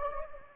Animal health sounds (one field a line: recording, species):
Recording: mosquito wingbeat signal from an infrared sensor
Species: Anopheles gambiae